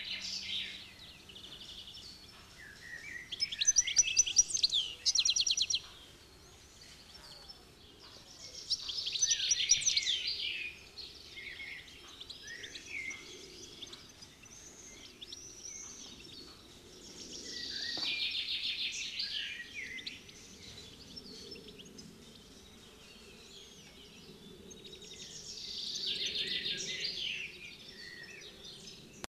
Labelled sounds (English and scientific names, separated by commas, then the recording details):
European Goldfinch (Carduelis carduelis) song
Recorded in the wild
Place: Montreux, Rocher-de-Naye, Kanton Waadt, CH
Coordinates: 46.4314, 6.93778
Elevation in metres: 1051
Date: 1986-05-25
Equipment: Uher 4000 Report, Sennheiser MKH 815 T
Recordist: Tretzel, Erwin